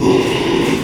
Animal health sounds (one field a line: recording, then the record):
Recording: squeal of a Yucatan mini pig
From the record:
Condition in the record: after surgery on the right vocal fold (resection and tissue-engineered implant)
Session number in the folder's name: 1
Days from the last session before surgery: 6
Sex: male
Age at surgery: 12 weeks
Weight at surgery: 13 kg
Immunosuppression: cyclosporine, prednisolone